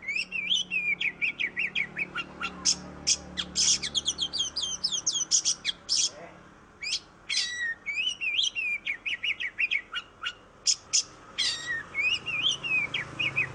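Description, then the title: Oriental magpie-robin pouring out a long, energetic song of rapid chattering trills, sharp chips and looping whistles. Master song used to train songbirds. "KACER MASTER"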